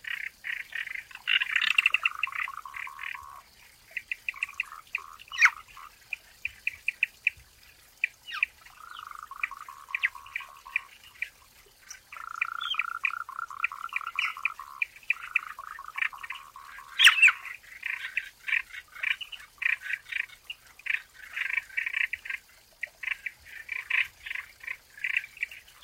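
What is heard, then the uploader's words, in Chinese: Frogs and birds call in a forest, with a dense, nonstop chorus of quick, mid-pitched chirps and clicks. Longer rapid trills run for a couple of seconds each, around 8, 12 and 15 seconds, while sharper bird notes break through now and then. 林中蛙鸣鸟鸣。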